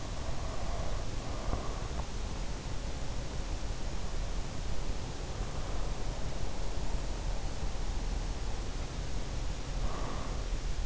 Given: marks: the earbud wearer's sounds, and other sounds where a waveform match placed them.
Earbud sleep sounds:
sounds in sleep by an in-ear microphone; breath
0.00-2.38 s: breath
8.66-10.86 s: breath

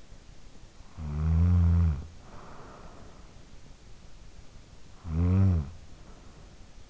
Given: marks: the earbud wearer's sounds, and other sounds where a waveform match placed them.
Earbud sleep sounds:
sounds in sleep by an in-ear microphone; snoring breath
0.66-3.55 s: snoring breath
4.45-6.90 s: snoring breath

